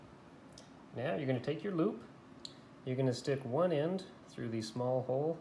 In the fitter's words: will attach to a magnet you should feel it click into place there just right on top about in the middle is fine